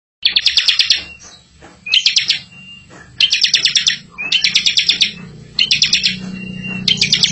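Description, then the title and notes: Bar-winged prinia song: sharp buzzy trills in quick bursts, some ending in a thin level whistle, with a low background hum. Ngebren song style; a tutor recording for training white-rumped shamas. "Suara burung ciblek - Suara Nada"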